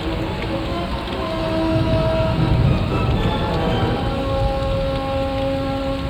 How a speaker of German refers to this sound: Unter dem peitschenden Regen schwingen die Baumkronen hin und her, wie die Dünen auf hoher See.